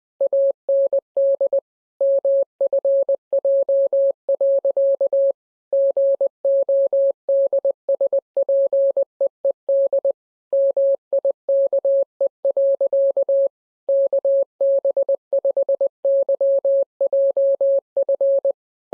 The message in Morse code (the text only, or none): AND MFJ. GODSPEED MIKE. KB5YJF